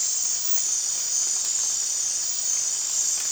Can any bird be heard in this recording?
no